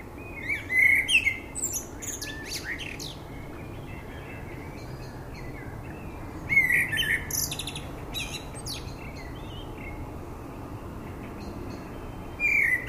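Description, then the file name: Common blackbird singing short fluty phrases with high squeaky twitters, spaced about six seconds apart with quiet pauses. "Turdus merula"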